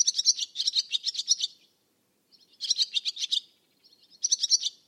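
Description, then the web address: Bird singing three rapid, high, buzzy twittering phrases, with brief quiet gaps and a few softer notes between them. "Bird Only"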